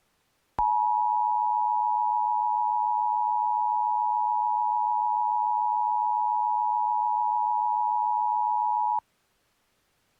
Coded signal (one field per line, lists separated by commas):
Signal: Emergency Alert System (SAME) tones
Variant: 853 and 960 Hz attention tone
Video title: EAS Mock: Cartoon Network 2011 National Test